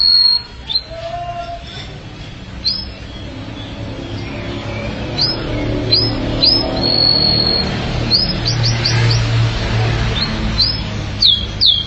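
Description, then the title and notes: Canary song: a loose series of short upswept high chirps, some paired or tripled, with a single lower whistled note early on and a soft background hum. "BM Suara Kenari. BM Suara Burung Kenari"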